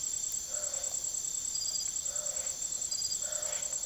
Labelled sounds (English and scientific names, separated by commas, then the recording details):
none
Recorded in secondary vegetation near Puerto Asís, Putumayo, Colombia, on 19 June 2025 at 05:00
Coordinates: 0.489, -76.322
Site G021